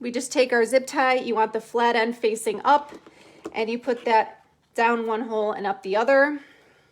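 A plastic zip tie is threaded down one hole and up the other of a metal wreath board, flat end facing up, while someone talks. The tie has not yet been latched into its own head, so nothing has seated or zipped yet.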